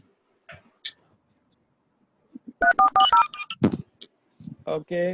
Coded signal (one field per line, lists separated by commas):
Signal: DTMF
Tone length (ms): 120 ms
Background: speech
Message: 3440